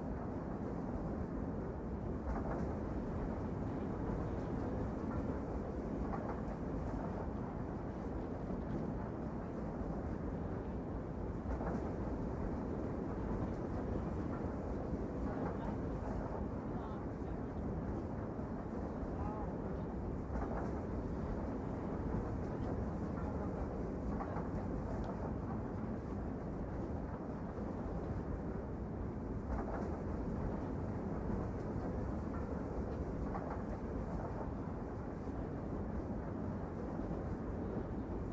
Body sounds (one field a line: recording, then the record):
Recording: background sound without coughing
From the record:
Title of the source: Train Ride Ambience ambient white noise for sleeping, focus, studying, reading